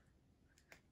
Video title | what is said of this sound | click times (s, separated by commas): LET'S TRY ON SOME NEW MAKEUP!! | hear the click | 0.6 s, 0.7 s